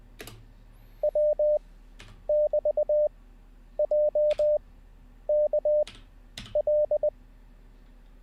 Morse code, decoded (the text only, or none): W <BT> J K L